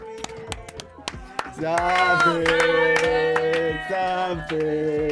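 Scattered claps open, then a crowd breaks into loud, sustained cheering and whooping, with clapping continuing underneath until the end.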